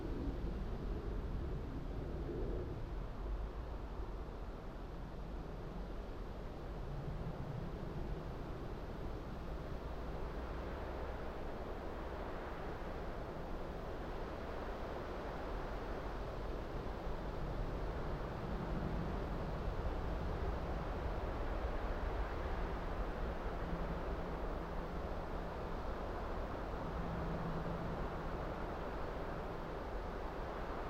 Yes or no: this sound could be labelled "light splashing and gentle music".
no